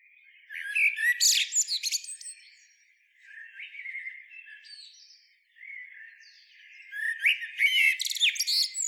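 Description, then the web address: Eurasian blackbird singing a loud warbled phrase with high twittering, then quieter soft notes, then another loud twittering phrase. "SETE Turdus merula"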